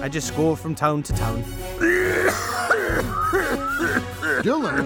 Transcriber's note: coughing